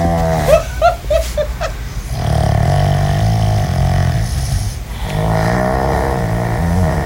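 Quick snorting bursts, then steady, rough, low-pitched snoring from a pug in the owners' bedroom at 4 o'clock in the morning, with two snoring tracks overlapping.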